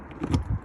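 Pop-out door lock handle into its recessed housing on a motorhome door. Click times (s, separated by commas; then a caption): 0.3 s. A pop-out door lock handle on a motorhome door, after the door has been latched and locked with the key, is pushed back into its recessed housing. A short scrape leads into a sharp click at 0.3 s, and the handle seats back into place.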